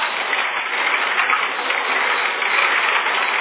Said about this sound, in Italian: Ma senti la grandine.